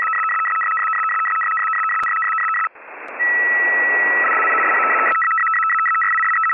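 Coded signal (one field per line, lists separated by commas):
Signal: numbers station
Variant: PolFSK, 100 baud FSK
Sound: fast warbling two-tone data with a steady tone and brief hiss break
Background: radio static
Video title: Decoding Numbers Station: Polish Intelligence 100bd/625Hz FSK - PolFSK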